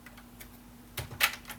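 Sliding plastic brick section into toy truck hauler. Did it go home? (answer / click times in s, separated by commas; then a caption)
yes / 1.0 s, 1.2 s. Sliding plastic brick sections, the ramps of the hauler on a LEGO City 2025 Formula 1 Truck (set 60445), are pushed back into their slots. After a few faint ticks, a sharper click at 1.0 s and a louder, brighter click at 1.2 s are heard. Both sections click into place.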